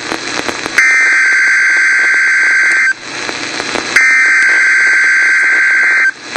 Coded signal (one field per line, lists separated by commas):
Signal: Emergency Alert System (SAME) tones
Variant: header bursts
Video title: Severe Thunderstorm Watch #527 (EAS#2)